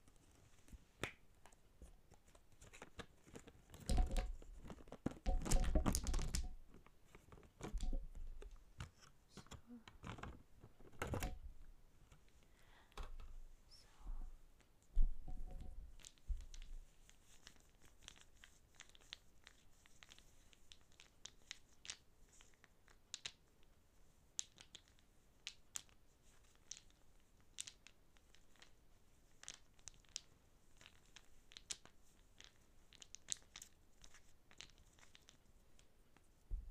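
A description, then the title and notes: Wooden objects are tapped and scratched, with a dense, loud cluster of scraping and knocks between about four and seven seconds and another burst near eleven. After that, sharp, irregular taps and light scratches continue sparsely to the end, with a strong click around fifteen seconds. I have a variety of wooden objects, all with their own original sound.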